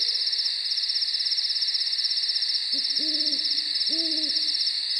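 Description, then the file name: Owl hoots, two wavering notes a second apart near the end, while crickets trill steadily and loudly. Night nature recording with crickets. "priroda noch sverchki sova sobaki"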